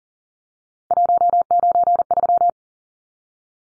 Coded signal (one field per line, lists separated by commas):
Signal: Morse code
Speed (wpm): 40 wpm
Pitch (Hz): 700 Hz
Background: none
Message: 193